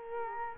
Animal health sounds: mosquito wingbeat signal from an infrared sensor; Culex quinquefasciatus

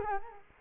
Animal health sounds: mosquito wingbeat signal from an infrared sensor; Culex quinquefasciatus

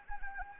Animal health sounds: mosquito wingbeat signal from an infrared sensor; Anopheles arabiensis

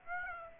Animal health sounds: mosquito wingbeat signal from an infrared sensor; Aedes aegypti

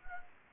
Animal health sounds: mosquito wingbeat signal from an infrared sensor; Anopheles arabiensis

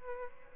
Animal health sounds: mosquito wingbeat signal from an infrared sensor; Aedes albopictus

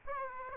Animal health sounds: mosquito wingbeat signal from an infrared sensor; Aedes aegypti

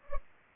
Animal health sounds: mosquito wingbeat signal from an infrared sensor; Culex pipiens

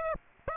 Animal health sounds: mosquito wingbeat signal from an infrared sensor; Aedes aegypti

